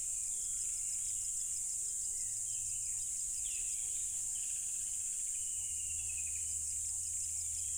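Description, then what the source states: Crickets sustain a continuous high-pitched buzzing trill, with a few faint bird chirps and a soft low rumble underneath. Loud crickets recorded at a tropical river.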